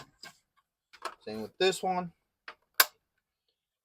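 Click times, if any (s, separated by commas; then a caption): 2.8 s. Someone talks while the second plastic wing of a Hasbro Haslab G.I. Joe Classified Series Cobra Rattler toy vehicle is pushed onto the body. A soft tick comes at 2.5 s, then a sharp, bright click at 2.8 s as the wing clicks into place and is seated.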